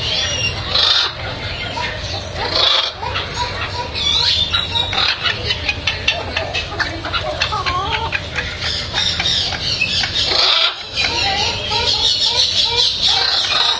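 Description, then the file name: Macaw flock calling, loud grating squawks repeated rapidly and overlapping, with brief pauses and a constant low hum underneath. "Guacamayas"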